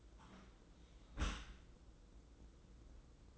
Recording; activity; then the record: daily activity, microphone in the room; close dishwasher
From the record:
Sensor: 3